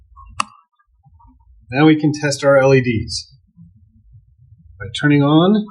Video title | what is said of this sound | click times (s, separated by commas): Friday Feature - Deagostini R2-D2 #starwars #deagostini #r2d2 #partswork | Be careful not to snap or break anything. And just slide it in until it clicks in place. | 0.4 s